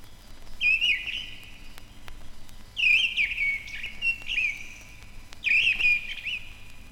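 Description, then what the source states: Mistle Thrush singing loud, fluting whistled phrases, several short phrases with pauses between them. Heard only occasionally in old pine forest; the song is described as beautiful.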